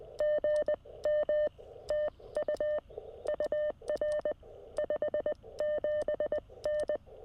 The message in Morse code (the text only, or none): GM TU UR 57N